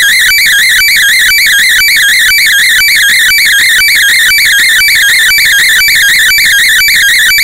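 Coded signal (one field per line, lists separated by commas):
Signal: weather fax (radiofax)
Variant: 120 lines per minute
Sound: steady warbling tone with a rhythmic tick twice per second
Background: radio static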